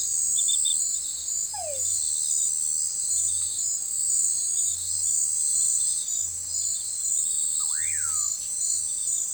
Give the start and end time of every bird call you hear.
7.59s-8.26s: Common Pauraque

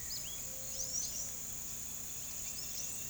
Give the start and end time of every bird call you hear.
0.00s-3.09s: Palm Tanager
0.09s-0.22s: Olive-faced Flatbill

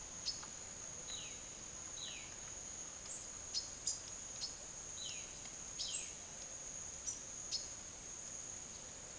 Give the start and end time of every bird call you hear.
0.99s-2.33s: Violaceous Jay
3.04s-4.55s: Silver-beaked Tanager
4.88s-6.14s: Violaceous Jay
5.74s-6.10s: Silver-beaked Tanager
6.94s-7.70s: Silver-beaked Tanager

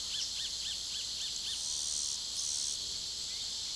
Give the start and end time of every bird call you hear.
0.00s-1.55s: Roadside Hawk

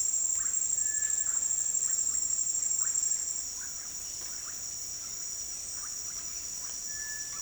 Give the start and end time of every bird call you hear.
0.00s-7.41s: Russet-backed Oropendola
0.79s-1.32s: Cinereous Tinamou
6.87s-7.39s: Cinereous Tinamou

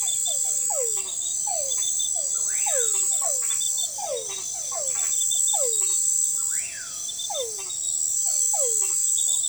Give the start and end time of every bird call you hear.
2.35s-2.93s: Common Pauraque
6.37s-7.04s: Common Pauraque

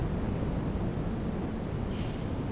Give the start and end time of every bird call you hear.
1.85s-2.51s: Violaceous Jay

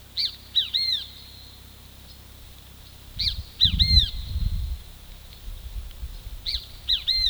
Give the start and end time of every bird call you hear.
0.17s-1.06s: Great Kiskadee
3.19s-4.09s: Great Kiskadee
6.44s-7.30s: Great Kiskadee

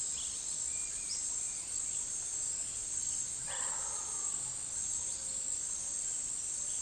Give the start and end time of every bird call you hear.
0.69s-1.16s: Yellow-crowned Tyrannulet

